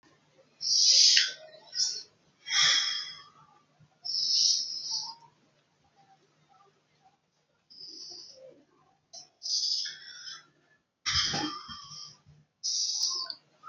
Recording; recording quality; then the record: deep breathing; excellent, no background noise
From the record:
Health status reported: healthy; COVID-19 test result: not tested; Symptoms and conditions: none ticked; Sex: male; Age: 21 years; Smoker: not ticked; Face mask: not worn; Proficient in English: no